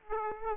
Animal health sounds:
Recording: mosquito wingbeat signal from an infrared sensor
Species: Aedes aegypti

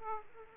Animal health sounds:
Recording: mosquito wingbeat signal from an infrared sensor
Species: Aedes aegypti

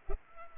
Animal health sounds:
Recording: mosquito wingbeat signal from an infrared sensor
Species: Culex pipiens

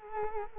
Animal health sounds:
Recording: mosquito wingbeat signal from an infrared sensor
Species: Culex quinquefasciatus

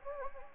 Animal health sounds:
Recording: mosquito wingbeat signal from an infrared sensor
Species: Anopheles gambiae

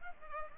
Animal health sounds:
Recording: mosquito wingbeat signal from an infrared sensor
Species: Culex pipiens

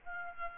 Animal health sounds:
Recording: mosquito wingbeat signal from an infrared sensor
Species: Aedes albopictus

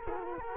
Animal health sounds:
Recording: mosquito wingbeat signal from an infrared sensor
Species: Culex quinquefasciatus

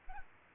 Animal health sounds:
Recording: mosquito wingbeat signal from an infrared sensor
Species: Aedes albopictus

